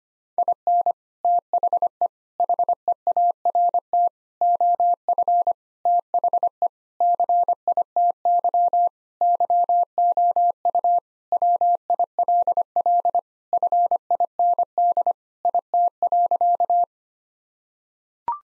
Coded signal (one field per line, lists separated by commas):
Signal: Morse code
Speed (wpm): 25 wpm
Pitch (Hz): 700 Hz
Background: none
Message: IN THE HEART OF THE CITY YOU WILL FIND IT.